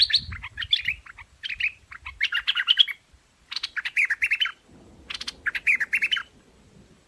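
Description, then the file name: Hoanh Hoach bird song made of busy chattering phrases with squeaky and harsh notes, delivered in several bursts with short pauses, over some low background rumble. "Tieng chim Hoanh Hoach Thom hot"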